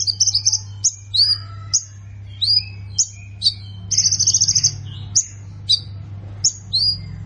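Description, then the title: Plain prinia song: scattered high chirps, downslurred whistles and one short buzzy trill, given in brief separate bursts over a steady low hum. "Ciblek Sawah"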